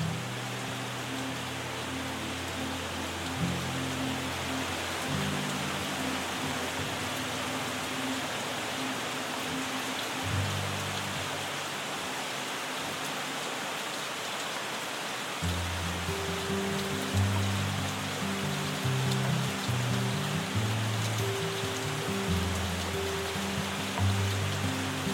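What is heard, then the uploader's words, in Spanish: Gentle rain hisses steadily throughout, a dense, even patter. Beneath it, soft low melodic notes hold and shift every second or two, thin out between about 10 and 15 seconds, then return with a slightly higher repeating note layered on top. El poder curativo de la lluvia y la música relajante. Este episodio combina los sonidos relajantes de una lluvia suave con melodías tranquilizadoras.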